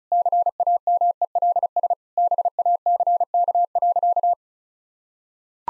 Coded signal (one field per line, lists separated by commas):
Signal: Morse code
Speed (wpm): 34 wpm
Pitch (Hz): 700 Hz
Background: none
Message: CAMELS BACK.